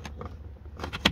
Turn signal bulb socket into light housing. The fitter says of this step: lock into place